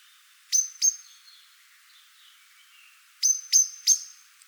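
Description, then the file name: Eurasian blackbird producing two sharp chinks, a quiet pause with faint soft notes, then three more ringing chinks. "Turdus merula"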